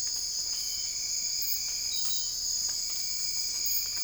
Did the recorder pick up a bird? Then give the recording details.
no. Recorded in secondary vegetation near Puerto Asís, Putumayo, Colombia, on 20 December 2024 at 02:00. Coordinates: 0.481, -76.318. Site G042